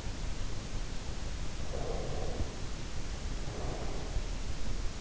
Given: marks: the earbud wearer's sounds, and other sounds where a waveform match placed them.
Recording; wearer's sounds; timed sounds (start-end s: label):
sounds in sleep by an in-ear microphone; breath
1.54-4.25 s: breath